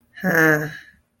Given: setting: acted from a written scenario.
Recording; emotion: vocal sound without words; confusion